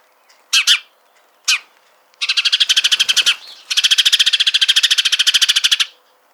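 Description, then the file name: House sparrow chattering: a few short chirps, then long rapid buzzy trains of repeated notes, with a brief break between trains. "Passer domesticus"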